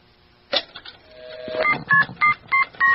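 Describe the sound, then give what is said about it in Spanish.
A phone number is dialed: after some handling clicks and a brief tone, five crisp, evenly spaced two-tone keypad beeps ring out loudly, each a short pulse with a steady pitch pair. “Ya me está gustando esto del teléfono mágico. ¿A quién le llamamos? Albert Einstein. Ese está bueno. A ver. Marquémosle.”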